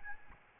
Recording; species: mosquito wingbeat signal from an infrared sensor; Aedes albopictus